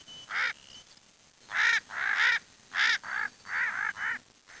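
Bird giving several harsh, nasal calls with arched, harmonic notes in quick succession.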